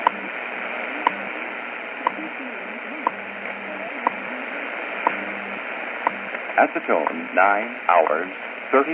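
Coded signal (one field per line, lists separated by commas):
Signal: radio time signal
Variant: WWV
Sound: sharp tick every second, about 9 ticks, over static, then a voice begins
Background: radio static, voice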